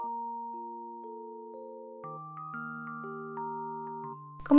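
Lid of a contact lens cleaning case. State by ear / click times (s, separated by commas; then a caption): seated / 4.5 s. A plastic lid of a contact lens cleaning case is closed over the lenses inside while a light, bell-like mallet melody plays throughout. The lid clicks shut with two short sharp clicks at 4.5 s and 4.5 s, and it is seated.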